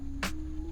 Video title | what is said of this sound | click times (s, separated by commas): Visconti Flex Fuel Install (Supra A90) | it'll click in place | 0.2 s